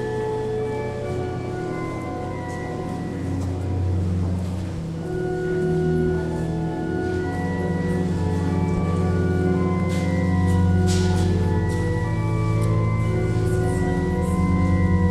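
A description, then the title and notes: Organ practice fills a vast cathedral with steady sustained low chords and held higher notes, while faint crowd murmur and scattered footsteps echo throughout. General atmosphere recorded in the Notre Dame in Paris. The organist is apparently practicing but even that makes a nice atmosphere.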